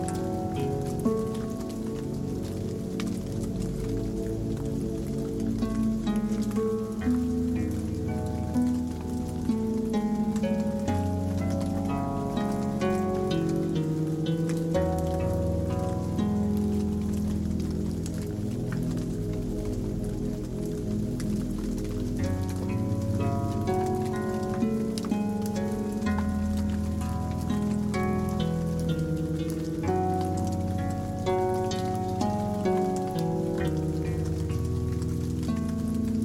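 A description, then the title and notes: Rain patters against a window in a dense, steady stream of fine ticks and taps, layered over soft, slow music. Warm low chords and a gentle melody shift every few seconds, holding an even, unbroken level throughout. Rain On Window with Relaxing Music.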